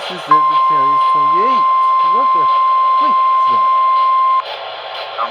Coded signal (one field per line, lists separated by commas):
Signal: Emergency Alert System (SAME) tones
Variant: 1050 Hz attention tone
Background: speech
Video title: THAT'S AMBER Alert OR SEVERES... EAS Alerts from 7/25/25 (EAS#4,423 - 4,444)